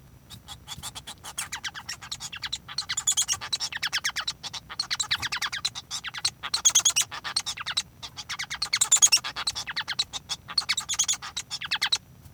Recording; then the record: song of a male Bengalese finch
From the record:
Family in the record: son of father 1